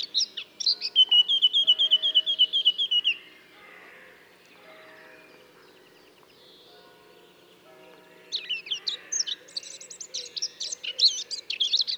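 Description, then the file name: Eurasian blackcap song: a clear fluty run of repeated whistled notes, a quiet pause with faint background birds, then a fast scratchy warbling chatter. "Sylvia atricapilla"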